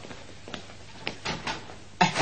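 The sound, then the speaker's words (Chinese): A door being opened to let in a visitor who had knocked: a few soft latch clicks and rattles spaced over a couple of seconds, ending in a louder clunk as it swings free. No voices. “我开门吓、啊，我开门。”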